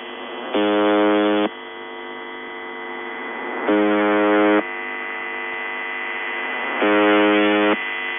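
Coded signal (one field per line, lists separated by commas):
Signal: channel marker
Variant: UVB-76 (The Buzzer)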